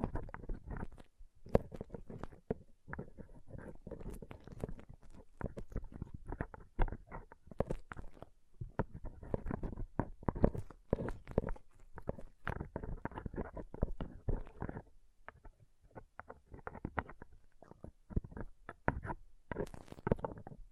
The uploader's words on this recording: ASMR Ultimate Pom Pom Tingles (No Talking).